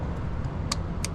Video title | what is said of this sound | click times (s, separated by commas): Bad coolant sensor or bad faulty plug? Quick, inexpensive and easy way to replace your plug. | You're going to push it through. You're going to hear it click. | 0.7 s, 1.0 s